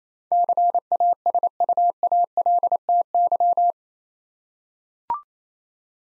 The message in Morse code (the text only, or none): CASUALTY